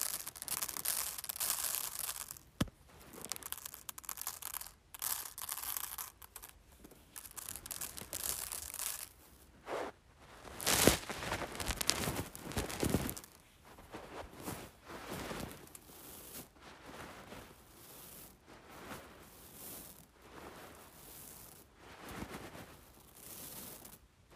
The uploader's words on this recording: ASMR Playing with Rice.